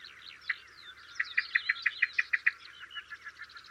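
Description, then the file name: Common blackbird giving a fast run of sharp chink notes, then softer repeated notes. "Turdus merula"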